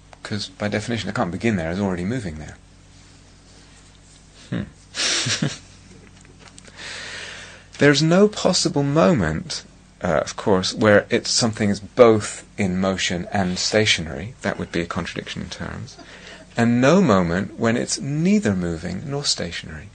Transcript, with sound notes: because by definition it can't begin there; there's already moving there. Hmm. [laughs] There's no possible moment, of course, where something is both in motion and stationary -- that would be a contradiction in terms -- and no moment when it's neither moving nor stationary.